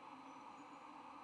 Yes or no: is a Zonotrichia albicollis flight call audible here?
no